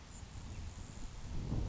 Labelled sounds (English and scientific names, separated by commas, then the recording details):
Grasshopper Sparrow (Ammodramus savannarum)
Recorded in Sonoma County, California